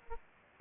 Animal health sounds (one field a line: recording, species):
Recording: mosquito wingbeat signal from an infrared sensor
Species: Aedes aegypti